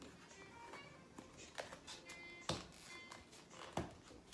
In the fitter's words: it click shut I can tell it's all the way closed